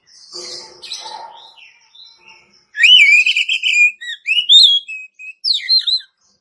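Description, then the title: Oriental magpie-robin song: faint high chatter, then a loud whistled phrase of warbled trills and sharp rising notes. "Kacer"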